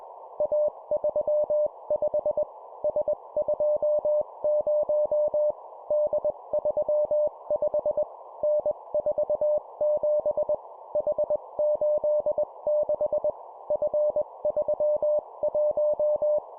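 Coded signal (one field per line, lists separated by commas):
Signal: Morse code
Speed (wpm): 21 wpm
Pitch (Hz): 600 Hz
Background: none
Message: A35 S20 D35 N47 H86 F31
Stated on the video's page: 20 WPM Morse practice of three-character groups: letter, number, number.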